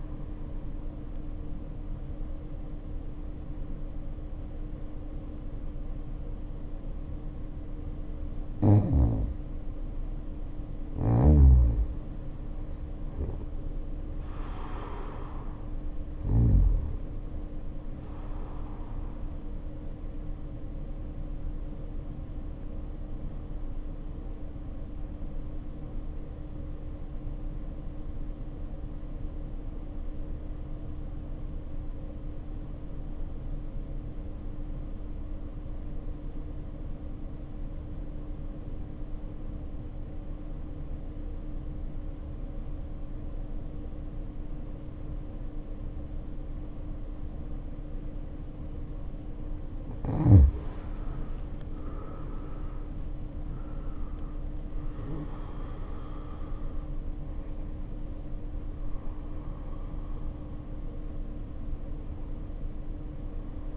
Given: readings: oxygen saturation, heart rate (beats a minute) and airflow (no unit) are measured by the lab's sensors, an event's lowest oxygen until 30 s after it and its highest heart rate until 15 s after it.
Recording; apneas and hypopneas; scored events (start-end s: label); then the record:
breathing in sleep by a smartphone at the bedside; 1
21.00-51.00 s: new sleep stage, REM sleep
27.00-55.30 s: obstructive apnea (REM, oxygen 95% highest, then 74% lowest, heart rate 55 at the start, 80 highest)
51.00-63.77 s: new sleep stage, N1 (lightest sleep)
From the record:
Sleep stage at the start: N1 (lightest sleep); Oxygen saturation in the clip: 61 to 95%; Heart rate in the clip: 55 to 89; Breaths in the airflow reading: 11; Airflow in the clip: -2.0 to 1.2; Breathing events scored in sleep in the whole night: 520 in 7.2 hours asleep